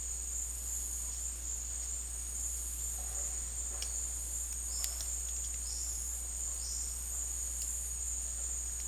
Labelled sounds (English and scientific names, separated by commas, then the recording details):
none
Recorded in dense forest near Puerto Asís, Putumayo, Colombia, on 13 March 2025 at 16:00
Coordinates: 0.503, -76.323
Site GP09